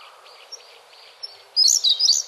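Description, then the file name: Siberian blue robin song: quiet high background notes, then a sudden loud run of rapid high chirps near the end. Recorded 27 April 2008. "koruri 080427"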